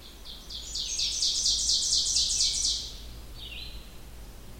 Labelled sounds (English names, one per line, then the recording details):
Ovenbird song
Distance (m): 25 m
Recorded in boreal forest in Alberta, Canada, on 16 June 2016 at 06:00
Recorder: SongMeter 3, array SBT-3-32
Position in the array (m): 89 m, 24 m
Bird 36